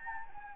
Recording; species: mosquito wingbeat signal from an infrared sensor; Anopheles gambiae